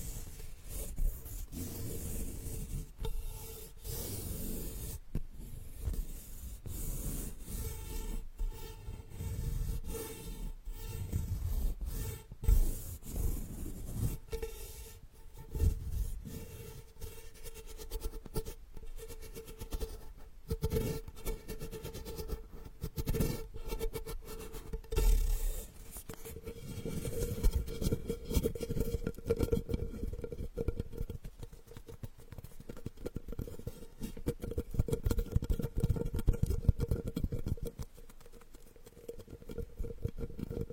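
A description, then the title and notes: Straw therapy ear digging, heard as continuous rubbing and scraping with dense crackly bursts and sharp clicks throughout. A steady low tone hums underneath the whole time. The scratching grows louder and busier in the second half, especially around 25 and 35 seconds. Unique straw therapy ear digging experience.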